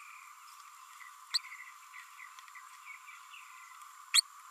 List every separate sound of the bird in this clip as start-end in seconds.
1.34-1.38, 4.13-4.21